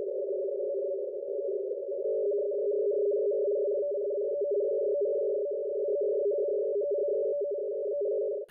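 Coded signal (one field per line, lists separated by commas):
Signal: NAVTEX (SITOR-B)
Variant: 100 baud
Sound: fast steady warbling between two close low tones, like a rapid two-note chatter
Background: radio static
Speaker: there is also some nav Tex for navigational Aid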